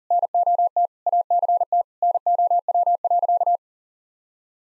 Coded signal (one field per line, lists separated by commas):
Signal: Morse code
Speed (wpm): 40 wpm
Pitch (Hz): 700 Hz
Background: none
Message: NOT ACT NOW.